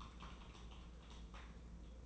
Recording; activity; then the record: daily activity, microphone in the room; typing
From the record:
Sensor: 1